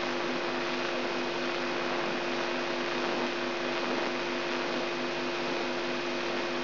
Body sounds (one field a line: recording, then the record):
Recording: brain microelectrode recording played as sound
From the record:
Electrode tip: inside the subthalamic nucleus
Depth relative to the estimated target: -2.5 mm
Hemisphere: left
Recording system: AlphaMap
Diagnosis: Parkinson's disease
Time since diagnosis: 17 years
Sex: female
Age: 63 years